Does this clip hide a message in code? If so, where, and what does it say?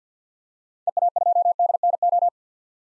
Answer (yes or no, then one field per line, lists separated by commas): yes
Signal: Morse code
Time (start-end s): 0.9-2.3 s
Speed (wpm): 50 wpm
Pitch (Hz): 700 Hz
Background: none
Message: EA2DNO